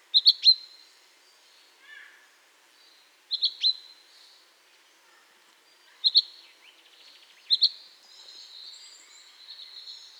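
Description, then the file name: Common chaffinch calls: sharp, high notes in short clusters every few seconds, with softer sounds between them. "Fringilla coelebs"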